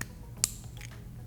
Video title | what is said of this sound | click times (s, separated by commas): How to install Brake Light Modulator on a 2021+ Yamaha Tenere 700 | ensuring we hear a click that means that the Locking tab has engaged | 0.4 s